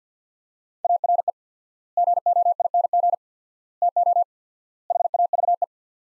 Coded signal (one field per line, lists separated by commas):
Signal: Morse code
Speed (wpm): 45 wpm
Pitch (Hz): 700 Hz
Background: none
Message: ARE GOING TO HAVE